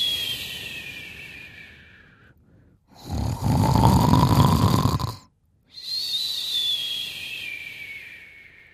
グ ーグ ー。 グ ーグ ー寝 てい ます ね。 Snore. グ ー グ ー originally describes an actual snoring sound. It also describes the state of sleeping well often associated with snoring. Fast asleep and snoring.